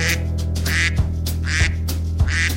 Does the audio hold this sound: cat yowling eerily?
no